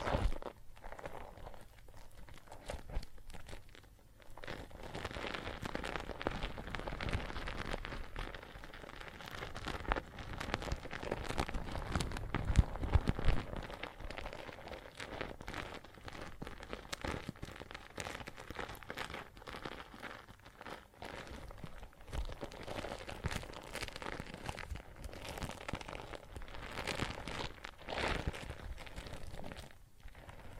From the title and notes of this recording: ASMR Relaxing Water and Soap Foam Sounds (No Talking).